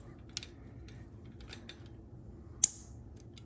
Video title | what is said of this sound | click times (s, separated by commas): Whirlpool & Kenmore Dishwasher Upper Rack Repair | little tab locks in so now the the actual metal bracket is in place and | 2.6 s